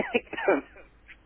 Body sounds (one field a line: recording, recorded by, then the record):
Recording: voluntary cough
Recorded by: telephone call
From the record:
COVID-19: negative